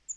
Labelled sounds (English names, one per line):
Cape May Warbler flight call